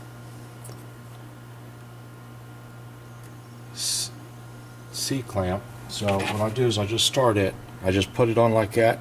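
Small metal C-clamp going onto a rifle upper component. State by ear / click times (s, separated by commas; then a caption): not seated / none. A small metal C-clamp for a rifle upper component is picked up and readied to start onto the part, over a steady low hum with a brief soft rustle near 3.9 s. From about 5 s, someone talks. Nothing has seated or clicked yet; the clamp is only being handled before it is pressed on.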